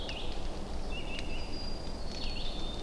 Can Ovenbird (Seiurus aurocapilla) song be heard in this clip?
no